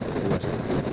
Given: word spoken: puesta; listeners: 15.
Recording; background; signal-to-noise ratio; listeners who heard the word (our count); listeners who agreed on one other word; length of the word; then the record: one Spanish word in noise, from a listening test; noise modulated by three-talker babble; -5.9 dB; 0 of 15; 8 of 15; 0.53 s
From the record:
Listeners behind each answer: 8, 2, 2, 1, 1, 1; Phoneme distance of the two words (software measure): 10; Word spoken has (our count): 2 syllables, 6 phonemes, stress on syllable 1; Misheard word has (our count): 2 syllables, 6 phonemes, stress on syllable 1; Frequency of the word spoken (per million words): 50.07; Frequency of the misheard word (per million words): 40.05